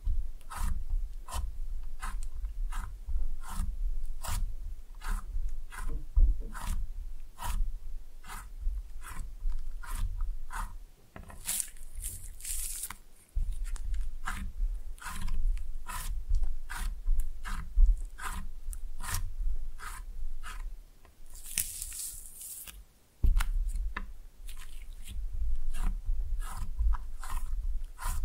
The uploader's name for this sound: Slime No Talking (Pressing and Mixing)